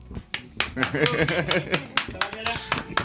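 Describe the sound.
Hands clap in a steady, brisk rhythm, roughly a dozen sharp claps over a few seconds, applause on the Radionauta radio programme as a guest is introduced, with voices talking and murmuring underneath.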